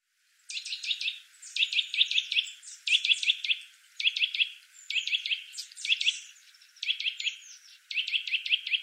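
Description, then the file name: Eurasian nuthatch: after a moment of quiet, rapid runs of sharp, ringing notes in short groups, repeated with brief breaks. "Sitta europaea"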